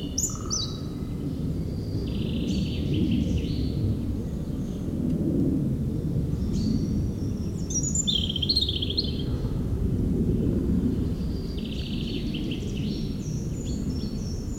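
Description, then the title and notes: European robin singing short, varied high twittering phrases separated by pauses, half buried under a steady low rumble of passing planes. Singing in Meerdaalbos, a huge forest at Oud-Heverlee, Belgium, recorded with planes taking off. "3051 Oud-Heverlee, Belgium - Meerdaalbos. Into the huge forest called Meerdaalbos, the European Robin singing, and planes takeoffs"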